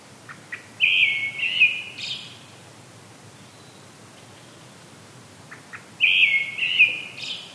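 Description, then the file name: Brown-headed thrush song: two matching phrases about five seconds apart, each with soft lead-in notes, a warbled middle and a thin high ending. "akahara"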